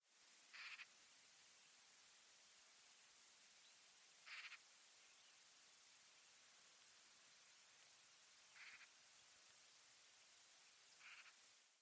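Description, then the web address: Bird giving short calls, four brief bursts spaced a few seconds apart over steady loud hiss. "birddata Deverinetal 2025"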